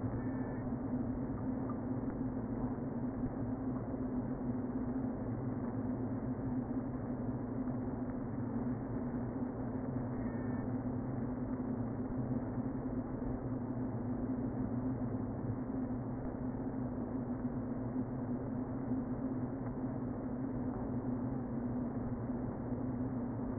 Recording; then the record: honeybee colony, microphone inside the hive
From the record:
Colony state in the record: queen present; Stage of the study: before two queens were removed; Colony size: about 60,000 bees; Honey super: yes